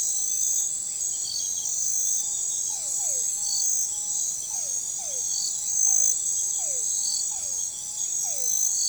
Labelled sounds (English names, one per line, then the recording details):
none
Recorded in forest near Pivijay, Magdalena, Colombia, on 15 April 2023 at 00:30
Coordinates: 10.467, -74.380
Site Z5-G034